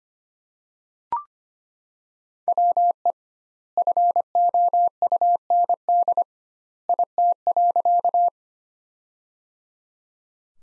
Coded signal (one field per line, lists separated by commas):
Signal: Morse code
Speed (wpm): 25 wpm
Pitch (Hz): 700 Hz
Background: none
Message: WE FOUND IT.